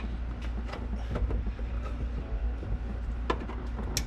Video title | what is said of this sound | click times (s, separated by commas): Evo 9 - 2.2L 600hp+ Build Pt 7 - Pre-Tune Fixes! | There's the click. Now we're in there. | 4.0 s